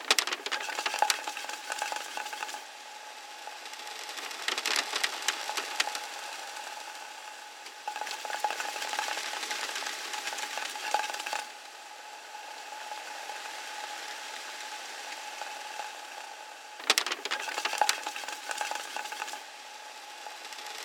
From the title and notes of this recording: Scrunched up bits of paper rolling around inside a plastic container. Looped with reverb and delay.